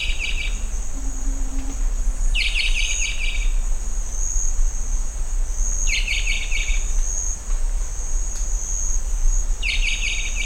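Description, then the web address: Rondonia bushbird: repeated rattling calls of a Rondonia bushbird, four short buzzy bursts roughly every three to four seconds, with a steady high insect chorus. "sound Rondônia-bushbird"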